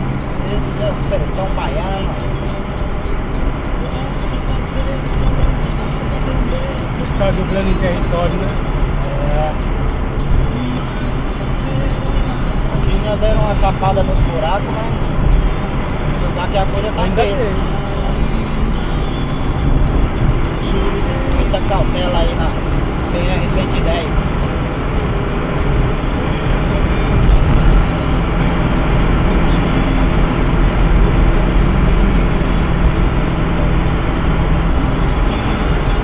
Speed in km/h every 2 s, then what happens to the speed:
112, 116, 119, 112, 112, 113, 115, 117, 120, 123, 126, 130, 134, 137, 138, 137, 133, 128.
0-3 speeds up to 119. 9-27 speeds up to 138. 27-36 slows to 128.